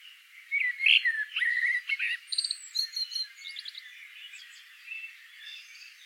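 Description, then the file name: Common blackbird song: low fluted warbling phrases followed by thin, high squeaky twittering notes, then quieter scattered chirps toward the end. "Turdus merula"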